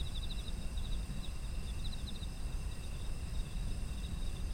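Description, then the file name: Insects trilling in short high pulsed bursts throughout, layered over continuous shrill ringing tones and a heavy low rumbling background. Ambient sound of insects in autumn. "秋の虫の環境音"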